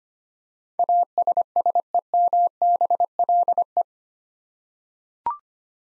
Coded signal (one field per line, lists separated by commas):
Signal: Morse code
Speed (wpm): 25 wpm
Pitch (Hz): 700 Hz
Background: none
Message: ASSEMBLE